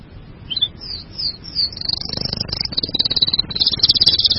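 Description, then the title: Bird song of high warbled notes breaking into a quick, shrill trill, over a low background rumble. "burung online"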